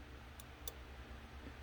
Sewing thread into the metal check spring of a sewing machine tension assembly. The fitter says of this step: I heard that click.